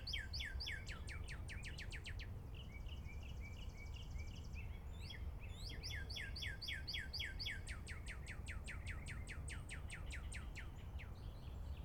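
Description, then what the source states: Northern cardinal song: fast series of sharp, steeply falling whistled slurs, pausing briefly during a buzzy trill, then resuming in a long rapid string, over a low background hum. Recorded in the morning.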